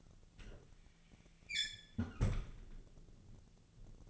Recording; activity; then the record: daily activity, microphone in the room; close fridge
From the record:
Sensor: 4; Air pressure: 1000.9 hPa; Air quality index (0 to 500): 128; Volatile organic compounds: 1 ppm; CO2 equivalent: 957 ppm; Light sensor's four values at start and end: 29/69/29/31 and 31/75/31/34